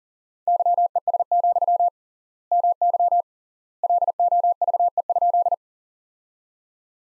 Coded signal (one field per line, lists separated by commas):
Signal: Morse code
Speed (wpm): 37 wpm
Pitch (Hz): 700 Hz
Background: none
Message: YES, MY LOVE?